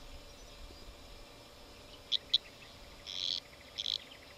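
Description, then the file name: Eastern sedge frog giving two sharp high pips, then a longer buzzy, rasping note followed by a quick double chirp, against low background hiss. Recorded July 2008. "Litoria fallax jul 08"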